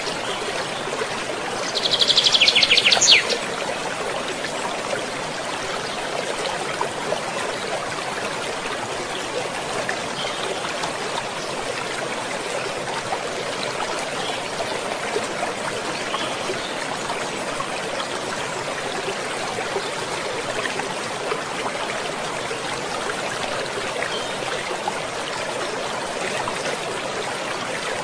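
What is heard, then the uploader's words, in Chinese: Water flows steadily through a cool forest, a dense, even rush that holds the same level for the whole stretch. Near the start, around two to three seconds in, a brief bright bird call rises above the flow, then only the water remains. 微凉森林-流水。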